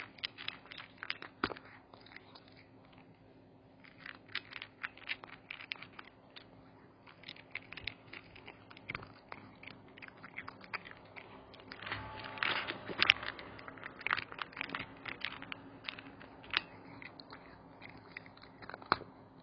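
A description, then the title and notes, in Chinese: A house cat crunches dry kibble, a steady run of sharp, crisp bites and gnawing clicks. The crunching grows denser and louder around the middle, from about 12 to 16 seconds. A low, steady hum sits underneath throughout. 用最自然的方式紀錄家貓的日常。家貓吃飼料都用啃的，ㄎㄠˊㄎㄠˊㄎㄠˊ這樣。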